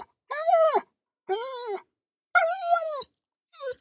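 Dog whining in four arching nasal whines, the first three longer and the last one shorter, separated by short pauses.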